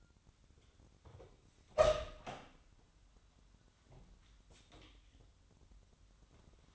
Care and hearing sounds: daily activity, microphone in the room; open door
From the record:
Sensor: 3

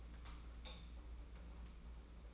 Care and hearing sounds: daily activity, microphone in the room; light off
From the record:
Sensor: 1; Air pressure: 991.9 hPa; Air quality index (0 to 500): 211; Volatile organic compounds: 1000 ppm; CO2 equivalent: 8200 ppm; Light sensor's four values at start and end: 12/32/13/13 and 10/22/9/10

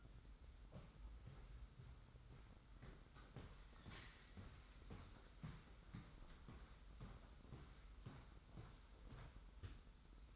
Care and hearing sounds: daily activity, microphone in the room; walk to room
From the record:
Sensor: 3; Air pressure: 991.1 hPa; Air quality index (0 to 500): 103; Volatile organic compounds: 39 ppm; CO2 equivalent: 3132 ppm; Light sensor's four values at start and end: 45/124/51/44 and 44/123/50/44

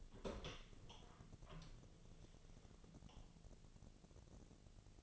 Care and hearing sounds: daily activity, microphone in the room; open door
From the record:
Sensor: 4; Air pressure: 1001.2 hPa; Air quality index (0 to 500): 184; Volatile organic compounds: 2 ppm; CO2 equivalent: 1312 ppm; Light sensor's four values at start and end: 16/38/15/16 and 15/34/14/14

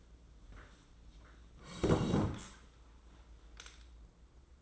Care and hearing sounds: daily activity, microphone in the room; sit down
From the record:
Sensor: 3

